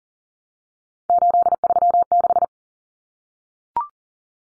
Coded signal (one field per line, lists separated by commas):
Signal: Morse code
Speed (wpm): 40 wpm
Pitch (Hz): 700 Hz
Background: none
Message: 836